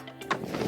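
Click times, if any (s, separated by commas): 0.3 s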